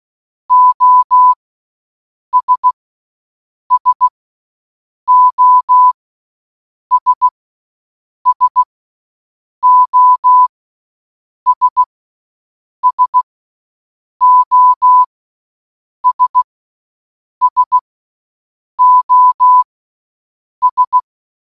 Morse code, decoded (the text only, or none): OS SOS SOS SOS SOS